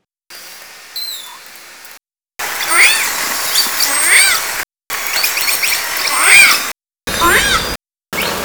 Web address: Nora Learning Orca Calls